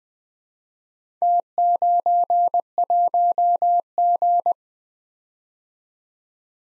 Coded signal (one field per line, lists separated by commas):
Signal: Morse code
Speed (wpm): 21 wpm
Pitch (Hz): 700 Hz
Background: none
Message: T91G